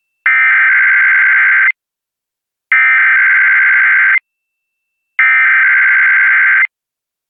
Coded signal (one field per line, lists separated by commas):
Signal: Emergency Alert System (SAME) tones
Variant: header bursts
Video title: KBIF Did a Weird Sound (EAS #22449-22486) 9/10/24